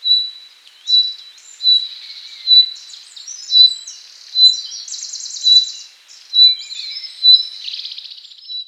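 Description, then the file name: Common nightingale song with sharp whistled notes about once a second, mixed with faster twitters and two dry buzzy rattles, one midway and one near the end. "Luscinia megarhynchos"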